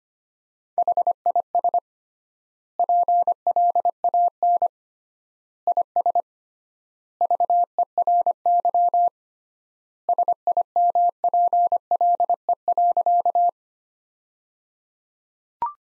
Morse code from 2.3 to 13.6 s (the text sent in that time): PLAN IS VERY SIMPLE.